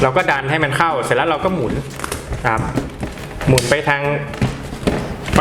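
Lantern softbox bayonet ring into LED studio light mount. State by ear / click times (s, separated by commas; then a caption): seated / 4.9 s, 5.3 s. A 65 cm lantern softbox's plastic bayonet ring, its 3 locking tabs lined up with an LED studio light's mount, is pushed in and twisted to the right while someone talks. Sharp clicks sound at 4.9 s and 5.3 s as the bayonet mount locks, and the softbox is seated and stays in place.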